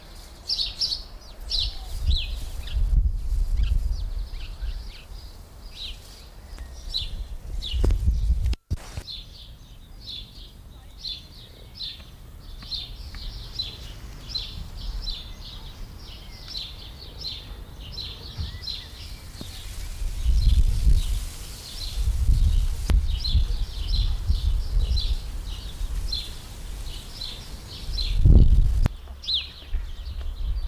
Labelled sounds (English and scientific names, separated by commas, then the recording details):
House Sparrow (Passer domesticus)
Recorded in the wild
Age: adult
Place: Lübars, Benekendorffstraße, Berlin, DE
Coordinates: 52.6167, 13.3469
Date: 1998-04-05 15:34
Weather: sunny, 15°C
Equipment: Sony MD-WM MZ-R3, Sennheiser MKH 416 T, Kopie Uher 4000 Report Monitor
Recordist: Tembrock, Günter
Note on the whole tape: Diverse Lautformen